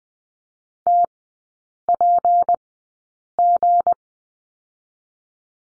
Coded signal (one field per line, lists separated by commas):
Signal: Morse code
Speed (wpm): 20 wpm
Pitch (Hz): 700 Hz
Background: none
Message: TPG